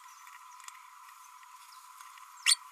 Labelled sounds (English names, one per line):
Green-rumped Parrotlet babbling